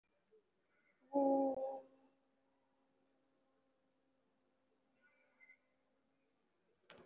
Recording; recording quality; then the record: sustained vowel as in boot; poor, much background noise or distortion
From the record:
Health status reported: respiratory illness, not identified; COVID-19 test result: negative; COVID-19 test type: RT-PCR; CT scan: not taken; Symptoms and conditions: cough, cold, breathing difficulty, asthma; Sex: female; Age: 20 years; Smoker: no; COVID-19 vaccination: one dose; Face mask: worn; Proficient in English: yes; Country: India